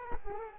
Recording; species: mosquito wingbeat signal from an infrared sensor; Culex quinquefasciatus